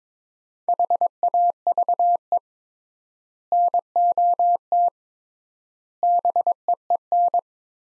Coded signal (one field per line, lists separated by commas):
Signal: Morse code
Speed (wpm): 22 wpm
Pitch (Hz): 700 Hz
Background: none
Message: HAVE NOT BEEN